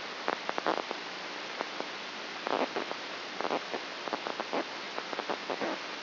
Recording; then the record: brain microelectrode recording played as sound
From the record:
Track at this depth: inside the subthalamic nucleus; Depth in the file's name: 4.03 mm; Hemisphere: left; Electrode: 2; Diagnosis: Parkinson's disease